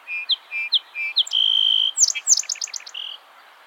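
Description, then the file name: Song sparrow song opening with repeated short whistled notes, then a long steady buzz and a fast trill ending on a brief note. "Melospiza melodia - Song Sparrow"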